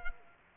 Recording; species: mosquito wingbeat signal from an infrared sensor; Culex quinquefasciatus